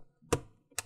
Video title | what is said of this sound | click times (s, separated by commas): Hp Pavilion 11 2X Pc STORAGE UPGRADE SSD Upgrade | the mid and the sides make sure you hear those clicks and that's how it is | 0.3 s, 0.8 s